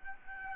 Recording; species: mosquito wingbeat signal from an infrared sensor; Aedes albopictus